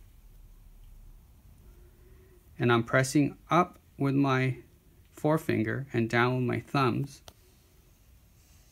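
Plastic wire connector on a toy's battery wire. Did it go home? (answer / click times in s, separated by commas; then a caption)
no / none. A plastic wire connector is placed onto a toy's battery wire and lined up before being pressed closed with the fingers. Someone talks, with quiet handling noise in the pauses, and nothing has clicked or seated yet.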